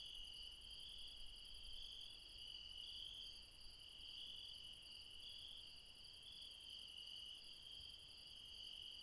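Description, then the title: Insects trill continuously in a bright, high chorus, even and unbroken, with a faint low rumble. Late night in the mountains at Refuge Krevatia, Barbala, near Dion, Greece. "Refuge Krevatia, Μπαρμπαλά, Dion 601 00, Greece - Late night mountain insects"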